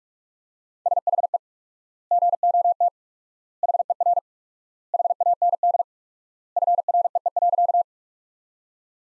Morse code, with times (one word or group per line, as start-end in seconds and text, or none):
0.9-1.4 SHE
2.1-2.9 GOT
3.6-4.2 HER
4.9-5.8 HAND
6.6-7.8 FREE.